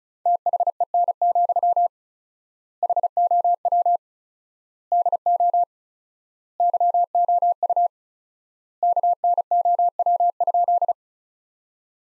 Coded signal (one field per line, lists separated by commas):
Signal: Morse code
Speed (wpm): 36 wpm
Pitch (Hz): 700 Hz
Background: none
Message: THEN, HOW DO YOU KNOW?